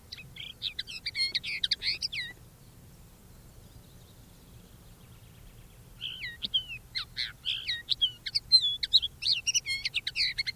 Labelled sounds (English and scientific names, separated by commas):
Crested Lark (Galerida cristata) song